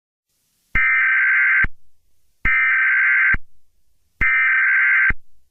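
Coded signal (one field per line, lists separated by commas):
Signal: Emergency Alert System (SAME) tones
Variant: header bursts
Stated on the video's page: Fictional simulated EAS scenario, not a real alert.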